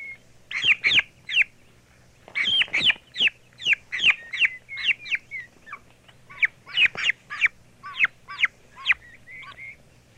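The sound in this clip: Turkey chicks peeping in irregular bursts, sharp high whistled notes, some clustered and some spaced apart, a faint low hum behind.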